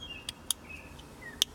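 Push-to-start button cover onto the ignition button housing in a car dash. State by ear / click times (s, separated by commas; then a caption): seated / 0.5 s, 1.4 s. A push-to-start button cover, lined up with the bar, is pressed onto the ignition button housing in a car dash, and its plastic clips snap in one after another. A faint tick at 0.3 s is followed by sharp clicks at 0.5 s and 1.4 s over faint high tones and low background noise. The cover ends up seated on the housing.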